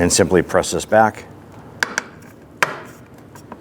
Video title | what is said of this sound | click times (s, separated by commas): How to Replace Fog Light 2005-2010 Chrysler 300 | And it'll snap into place. | 1.8 s, 2.6 s